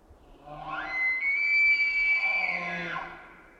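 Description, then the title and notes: Roosevelt elk bugling, a low start sliding up into a long clear high-pitched scream held for over a second, then dropping away into a lower tone. Roosevelt elk bugle with low chesty roar, late September 2023, Queets and Quinault rainforest river valleys. "Roosevelt Elk, or Rainforest Elk or Olympic Elk"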